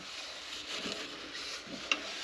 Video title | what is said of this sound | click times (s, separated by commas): Kero 241 A | That clicky noise you hear as I tighten that on is it's got a device on it so that you can't over tighten it | 0.9 s, 1.9 s